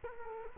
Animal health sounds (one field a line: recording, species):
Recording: mosquito wingbeat signal from an infrared sensor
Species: Culex quinquefasciatus